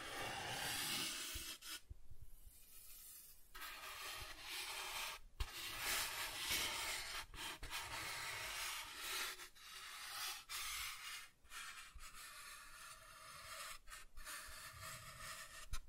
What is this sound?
Soft Tracing on Smooth and Rough Surfaces